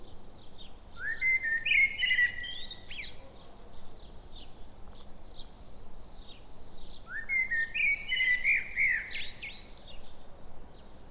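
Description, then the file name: Common blackbird song: two rich fluted phrases about six seconds apart, each rising into a squeaky high flourish, with quiet background chirping. "Turdus merula"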